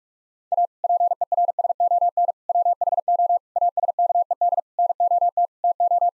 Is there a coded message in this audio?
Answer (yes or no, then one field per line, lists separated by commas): yes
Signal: Morse code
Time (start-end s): 0.5-6.1 s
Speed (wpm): 46 wpm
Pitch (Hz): 700 Hz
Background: none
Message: A PERSON WHO ASKED NOT TO